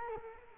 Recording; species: mosquito wingbeat signal from an infrared sensor; Culex quinquefasciatus